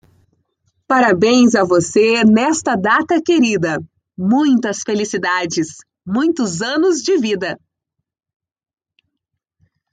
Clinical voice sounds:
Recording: short text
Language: Brazilian Portuguese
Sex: female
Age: 30 to 39 years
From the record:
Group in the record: control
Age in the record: 32 years

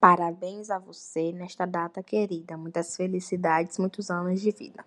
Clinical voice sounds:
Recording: short text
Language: Brazilian Portuguese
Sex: female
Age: 20 to 29 years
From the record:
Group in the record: control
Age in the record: 24 years

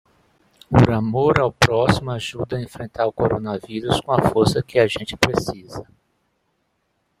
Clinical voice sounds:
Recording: spoken sentence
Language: Brazilian Portuguese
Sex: male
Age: 50 to 59 years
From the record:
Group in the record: control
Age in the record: 55 years

